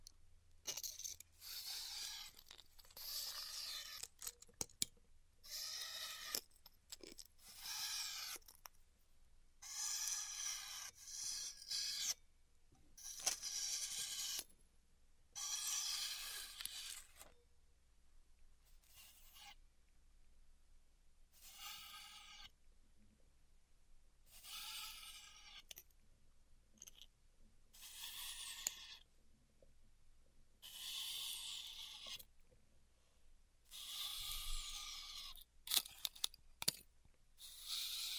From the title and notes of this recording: ASMR Styrofoam Heat Cutting (No Talking).